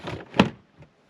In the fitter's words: and it just locks into place really nicely.